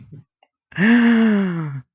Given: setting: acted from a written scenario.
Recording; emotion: vocal sound without words; awe